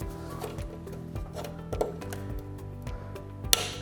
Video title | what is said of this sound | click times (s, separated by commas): How to Clean and Remove the Windscreen on a 2018+ Honda Goldwing | and you'll hear it click. And that's it. | 3.5 s